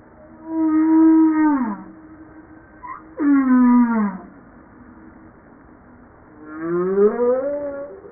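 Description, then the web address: Humpback whale song: three harmonic units separated by pauses, the first two falling at their ends and the third rising, with a brief chirp between the first two. Recorded 5 March 1994. "Humpback-01 940305-0952 940305-0952 part 1"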